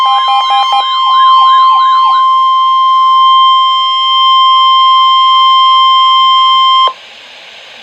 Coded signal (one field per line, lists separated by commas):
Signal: Emergency Alert System (SAME) tones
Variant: 1050 Hz attention tone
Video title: NOAA - 4 Flood Warnings (EAS #1,060-1,063)